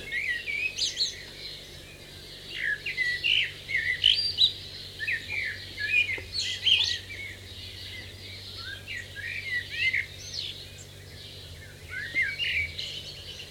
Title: Dawn chorus with blackbirds in the foreground